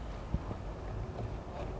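A Pollak 5th wheel/gooseneck T-connector harness plug with 7-pole is handled and lined up with the vehicle wiring connector on a 2013 GMC Sierra after dirt and debris were rubbed away, before being pushed home. Low, steady handling rumble runs throughout, with a soft bump around 0.3 s. Nothing has seated or clicked yet.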